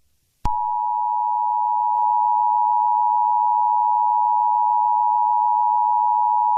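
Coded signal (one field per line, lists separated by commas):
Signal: Emergency Alert System (SAME) tones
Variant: 853 and 960 Hz attention tone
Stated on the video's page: Simulated EAS scenario for a fictional nuclear war.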